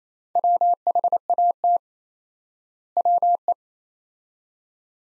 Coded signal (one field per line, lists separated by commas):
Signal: Morse code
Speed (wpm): 27 wpm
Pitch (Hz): 700 Hz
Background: none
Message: WHAT WE